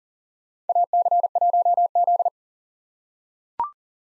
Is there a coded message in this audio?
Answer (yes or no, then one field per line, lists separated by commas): yes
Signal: Morse code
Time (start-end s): 0.7-2.3 s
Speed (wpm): 40 wpm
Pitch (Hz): 700 Hz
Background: none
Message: AC1Z